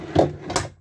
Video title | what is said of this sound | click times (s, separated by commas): 2022-Chausson 788 Titanium premium | and you'll hear a click to make sure it's clicked in | 0.2 s, 0.6 s